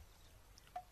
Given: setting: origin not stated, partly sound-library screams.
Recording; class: one-second piece from a danger detection set; normal situation